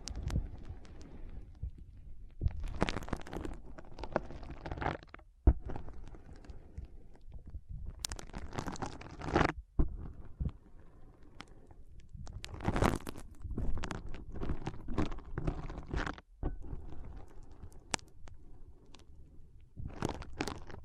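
Foam is squeezed and rubbed in repeated bursts, each lasting a second or two, with soft crackling and squishing textures. The strokes come irregularly across the clip, some louder and brighter, separated by brief quiet pauses with a low rumble underneath.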